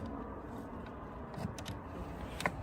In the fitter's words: the ladder forward and here you hear a click